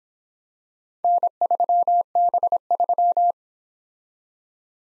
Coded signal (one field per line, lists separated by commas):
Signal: Morse code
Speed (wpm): 26 wpm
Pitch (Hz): 700 Hz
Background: none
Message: N3B3